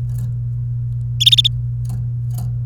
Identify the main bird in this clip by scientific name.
Serinus canaria